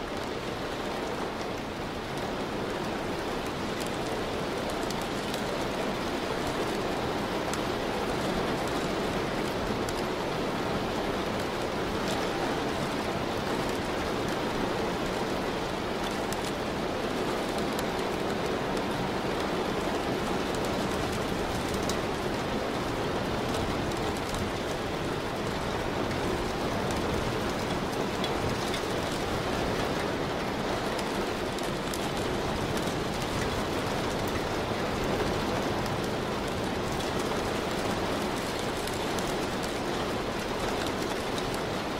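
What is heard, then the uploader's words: Steady rain falls over the city, a dense, even hiss that holds at the same level for the whole stretch. A low rumble runs underneath, suggesting traffic or a passing train, with no sharp events standing out. Calming rain sounds of Tokyo.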